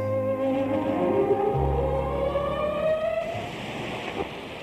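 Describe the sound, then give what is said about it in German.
Steady radio static hisses from a radio being tried out for tape recording, while a faint string melody drifts through it, its long held tones gliding slowly upward before fading back into the noise. “Dann saßen die beiden um dieses Gerät rum und haben da den Knopf endlich gefunden und dann hört man so aus dem Rauschen so eine Melodie mit Streichern.”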